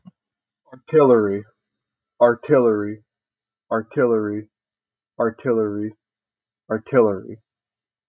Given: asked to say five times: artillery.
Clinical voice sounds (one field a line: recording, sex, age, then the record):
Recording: repeated word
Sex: male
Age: 20 to 29 years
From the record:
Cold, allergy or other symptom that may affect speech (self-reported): no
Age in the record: 21 years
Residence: United States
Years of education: 16